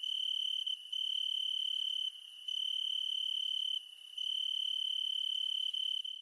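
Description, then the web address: Cricket trilling, a steady shrill high-pitched buzz held almost without pause, broken by brief softer gaps about three times. "son cricket"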